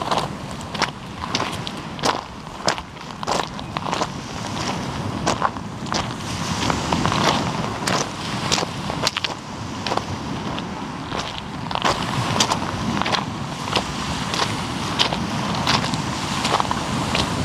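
Waves along the Omø coastline make a dense, steady rush that swells slightly around the middle. Sharp crunching clicks cut through it throughout, irregular but frequent, roughly every half second, like footsteps on gravel or pebbles.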